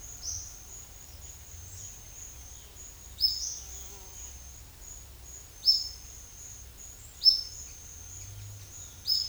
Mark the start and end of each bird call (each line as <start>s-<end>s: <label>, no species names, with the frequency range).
0.17s-0.49s: bird call (4.0-6.7 kHz)
3.14s-3.53s: bird call (3.2-6.1 kHz)
5.53s-6.21s: bird call (3.0-6.0 kHz)
7.22s-7.77s: bird call (2.9-5.6 kHz)